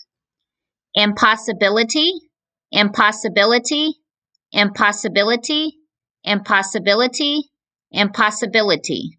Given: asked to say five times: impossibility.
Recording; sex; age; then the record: repeated word; female; 40 to 49 years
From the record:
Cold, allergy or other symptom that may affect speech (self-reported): no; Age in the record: 44 years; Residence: Georgia, United States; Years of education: 16